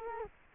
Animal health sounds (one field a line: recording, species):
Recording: mosquito wingbeat signal from an infrared sensor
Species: Culex quinquefasciatus